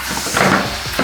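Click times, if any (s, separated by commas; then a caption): none. A tubeless bicycle tire bead sits on a wheel rim while the tire is being inflated. A steady broadband hiss swells slightly around 0.4 to 0.55 seconds, with no sharp pop. Nothing has seated or clicked yet.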